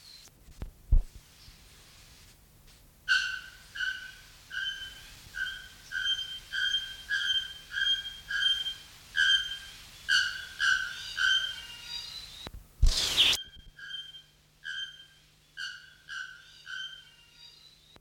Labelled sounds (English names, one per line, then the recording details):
Bare-throated Bellbird
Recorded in captivity
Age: adult
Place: Zoo Berlin, Berlin, DE
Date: 1994-01-08 10:55
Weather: wolkig bis sonnig, 6 °C
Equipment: Marantz CP 430, Sennheiser MKH 416 T, Kopie Uher Variocord 263
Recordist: Tembrock, Günter